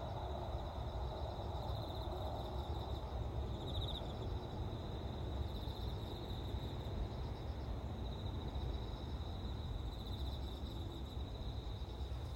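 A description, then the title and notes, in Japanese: Insects, perhaps bell crickets or crickets, chirp steadily in a high, bright band, with short bursts recurring, over a constant low rumble of traffic. 静かな朝の音。鈴虫？コオロギ？もう夏の終わりなのかセミは鳴いていない。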